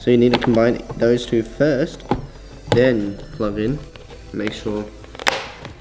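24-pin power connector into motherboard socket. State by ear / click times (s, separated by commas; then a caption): seated / 5.3 s. A 24-pin ATX power cable, its two parts combined first, is pushed into the motherboard socket while someone talks. The plastic latch clicks at 5.3 s, a sharp, bright snap, and the connector is seated.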